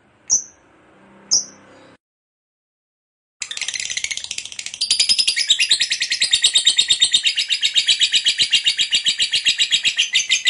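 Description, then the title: Lovebird: two short high chirps, a pause, then a long rapid chatter of harsh pulses that grows stronger after a short while and keeps going to the end. Long ngekek chatter; bird described as gacor, in full persistent voice. "LOVEBIRD NGEKEK PANJANG GACOR BIKIN LATAH"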